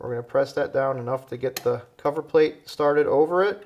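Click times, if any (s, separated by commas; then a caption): none. A metal charging handle cover plate is being started over the spring detent on a Ruger LC Carbine in .45 Auto receiver while the charging handle is reversed, with the detent pressed down to get the plate over it. Someone talks throughout, and no distinct mechanical sounds stand out. Nothing has seated or clicked yet; the plate has not popped into place.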